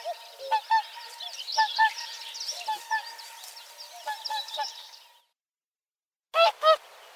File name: Pticy Rossii - Lebed-klikun Cygnus cygnus